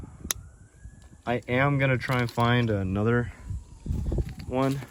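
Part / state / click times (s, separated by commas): wiring harness electrical plug onto purge solenoid valve / seated / 0.3 s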